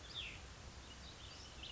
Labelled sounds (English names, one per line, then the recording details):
Cassin's Vireo
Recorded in Sonoma County, California